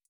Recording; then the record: hydrophone in a shrimp aquaculture tank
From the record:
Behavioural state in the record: feeding